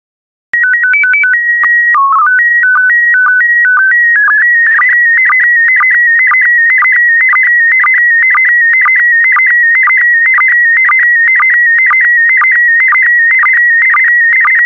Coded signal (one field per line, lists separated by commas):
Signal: SSTV (slow-scan television)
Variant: PD 120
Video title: 49014 Apes SSTV PD120